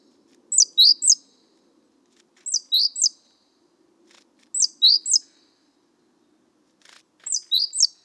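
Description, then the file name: Great tit giving high, quick note triplets about every two seconds, over a soft low rumble and a few faint clicks. "Parus major"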